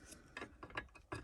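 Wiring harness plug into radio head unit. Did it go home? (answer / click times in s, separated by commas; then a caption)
no / none. A plastic wiring harness connector is being pushed into the back socket of a Tesla-style touchscreen radio head unit during installation in a 2014 Ford Super Duty XL. Short plastic handling ticks are heard at about 0.4, 0.6, 0.8 and 1.1 seconds. The connector has not seated or clicked yet.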